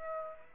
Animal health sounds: mosquito wingbeat signal from an infrared sensor; Aedes aegypti

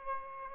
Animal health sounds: mosquito wingbeat signal from an infrared sensor; Aedes albopictus

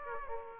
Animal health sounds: mosquito wingbeat signal from an infrared sensor; Aedes aegypti

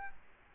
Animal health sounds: mosquito wingbeat signal from an infrared sensor; Culex quinquefasciatus

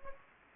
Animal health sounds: mosquito wingbeat signal from an infrared sensor; Anopheles gambiae

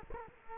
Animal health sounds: mosquito wingbeat signal from an infrared sensor; Culex quinquefasciatus

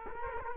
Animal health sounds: mosquito wingbeat signal from an infrared sensor; Culex quinquefasciatus

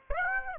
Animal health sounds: mosquito wingbeat signal from an infrared sensor; Aedes aegypti

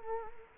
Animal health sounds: mosquito wingbeat signal from an infrared sensor; Culex quinquefasciatus

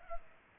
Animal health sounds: mosquito wingbeat signal from an infrared sensor; Culex pipiens

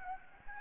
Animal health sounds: mosquito wingbeat signal from an infrared sensor; Anopheles gambiae

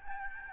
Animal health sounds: mosquito wingbeat signal from an infrared sensor; Aedes albopictus

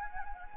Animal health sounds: mosquito wingbeat signal from an infrared sensor; Anopheles gambiae

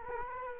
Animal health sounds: mosquito wingbeat signal from an infrared sensor; Culex quinquefasciatus

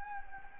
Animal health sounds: mosquito wingbeat signal from an infrared sensor; Anopheles gambiae

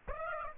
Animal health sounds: mosquito wingbeat signal from an infrared sensor; Aedes aegypti

